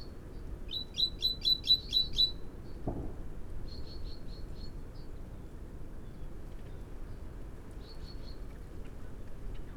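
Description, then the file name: Great tit calling: one quick run of about seven high ringing notes early on, followed by softer, scattered high notes against a low background hiss. "Parus major"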